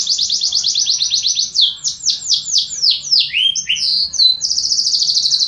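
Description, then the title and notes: Atlantic Canary song: fast, high rolling trills that shift into sweeping, descending notes, then a rapid buzzy trill again, continuous and loud. Canary song used to train canaries to sing. "Suara Burung Kenari Masteran. master suara burung kenari"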